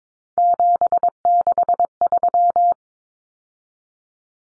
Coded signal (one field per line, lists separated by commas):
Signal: Morse code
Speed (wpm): 22 wpm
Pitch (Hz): 700 Hz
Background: none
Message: 763